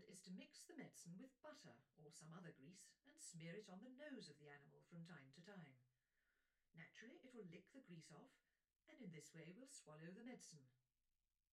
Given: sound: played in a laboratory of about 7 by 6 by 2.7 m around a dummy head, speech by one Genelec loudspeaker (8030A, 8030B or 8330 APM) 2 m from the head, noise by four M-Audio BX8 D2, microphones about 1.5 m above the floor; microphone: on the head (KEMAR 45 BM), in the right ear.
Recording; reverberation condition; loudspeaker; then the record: female speech in English; low; 150 degrees to the left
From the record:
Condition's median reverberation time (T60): about 310 ms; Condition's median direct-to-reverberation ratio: about 3.5 dB